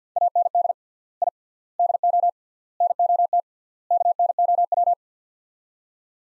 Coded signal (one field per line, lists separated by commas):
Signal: Morse code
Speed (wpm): 45 wpm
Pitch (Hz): 700 Hz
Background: none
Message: AND I DO NOT KNOW